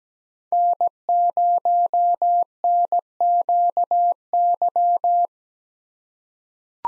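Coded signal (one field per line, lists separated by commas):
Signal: Morse code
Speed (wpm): 17 wpm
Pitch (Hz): 700 Hz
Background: none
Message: N0NQY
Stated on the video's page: Morse practice: five-character USA call signs at 17 wpm with Farnsworth 2x character spacing, sent for head-copy.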